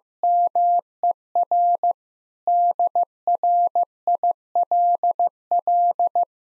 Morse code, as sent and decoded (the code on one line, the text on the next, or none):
-- . .-. / -.. .-. .. .-.. .-..
MER DRILL